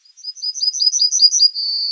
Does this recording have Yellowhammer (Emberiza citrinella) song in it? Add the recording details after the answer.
yes. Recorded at under 5 m from the bird. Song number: 109